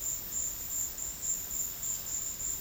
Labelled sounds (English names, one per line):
none